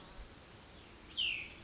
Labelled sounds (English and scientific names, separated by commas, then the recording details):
Cassin's Vireo (Vireo cassinii)
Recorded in Sonoma County, California